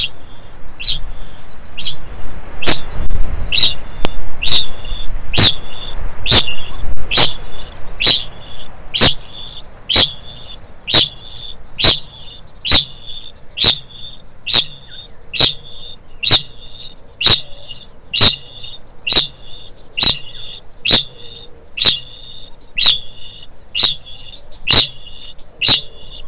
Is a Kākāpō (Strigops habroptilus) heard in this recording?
yes